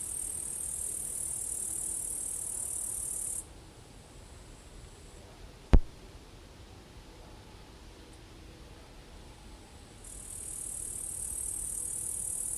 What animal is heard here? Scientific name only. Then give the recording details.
Tettigonia cantans. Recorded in the wild. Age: imago. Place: Strausberg, Annatal, Brandenburg, DE. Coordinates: 52.5169, 13.8453. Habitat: edge of a forest. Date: 1989-09-17 14:43. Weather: 25 °C. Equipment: Riporter 6 RG-K, Sennheiser MKH 416 T, Halbspur. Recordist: Frommolt, Karl-Heinz. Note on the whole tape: Gesang im Baum in ca. 5 m Höhe, wahrscheinlich in der Sonne